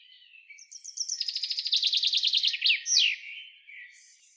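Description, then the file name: Common chaffinch song: a few thin introductory notes, then a rapid trill finishing in a loud, sweeping flourish. "Fringilla coelebs"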